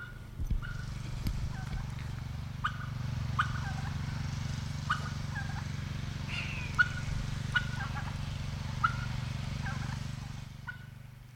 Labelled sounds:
Snowy Owl

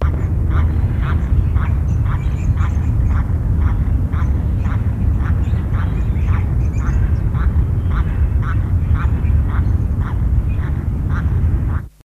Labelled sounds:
Chilean Flamingo call

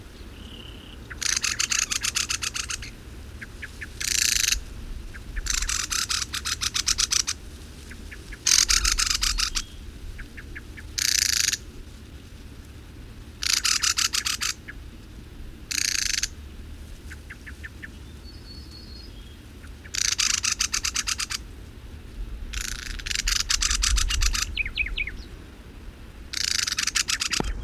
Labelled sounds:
Mistle Thrush call

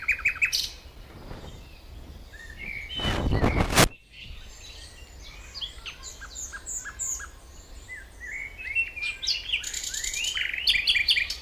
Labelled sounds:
Common Nightingale song

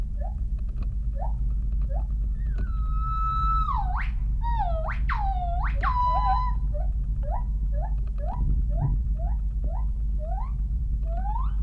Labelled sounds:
Northern White-cheeked Gibbon

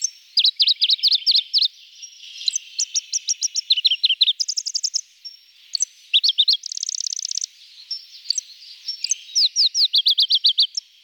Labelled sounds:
Pallas's Leaf Warbler song

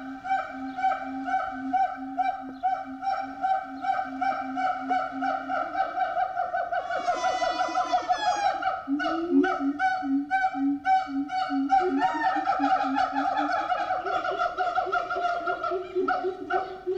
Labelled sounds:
Siamang

